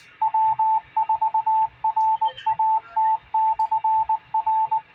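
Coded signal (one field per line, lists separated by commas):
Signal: Morse code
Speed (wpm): 19 wpm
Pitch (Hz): 880 Hz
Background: radio noise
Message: W4RAT/R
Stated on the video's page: Morse code heard during a UHF net on a Motorola Radius CM300.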